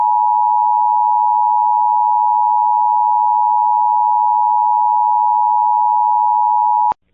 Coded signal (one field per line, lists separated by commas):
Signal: Emergency Alert System (SAME) tones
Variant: 853 and 960 Hz attention tone